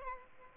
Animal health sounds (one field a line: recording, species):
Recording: mosquito wingbeat signal from an infrared sensor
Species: Aedes albopictus